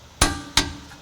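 A click-type torque wrench tightens the second brake caliper bracket bolt on an Acura MDX to 65 ft-lb during a rear wheel bearing replacement. Two sharp metallic clicks ring out at 0.2 s and 0.6 s, each fading over a short ringing tail. The bolt is confirmed torqued to the 65 ft-lb setting.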